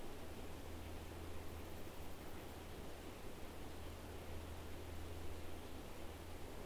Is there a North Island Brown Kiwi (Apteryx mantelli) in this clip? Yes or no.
no